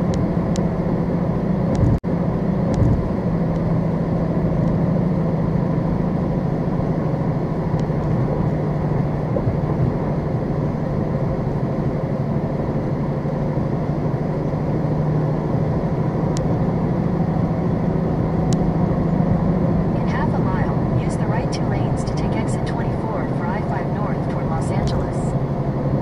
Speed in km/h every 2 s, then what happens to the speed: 98, 97, 93, 90, 87, 85, 84, 89, 92, 93, 90, 85, 84.
0-10 slows to 85. 10-18 speeds up to 93. 18-26 slows to 84.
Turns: none.